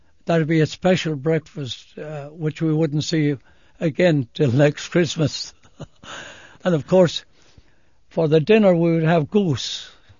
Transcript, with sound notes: That'd be a special breakfast ah, which we wouldn't see again 'til next Christmas. (laughs) And of course for the dinner, we would have goose.